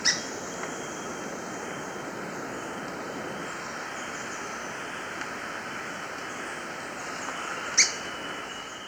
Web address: S America Birds of Ecuador White-Throated Spadebill